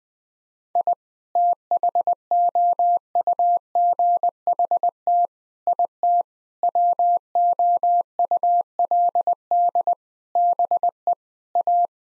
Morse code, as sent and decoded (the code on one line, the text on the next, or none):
.. / - .... --- ..- --. .... - / .. - / .-- --- ..- .-.. -.. / -... . / .-
I THOUGHT IT WOULD BE A